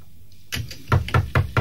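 Someone knocks on a door: a couple of light taps, then four firm, evenly spaced knocks with a deep wooden thud, heard alone with no voices.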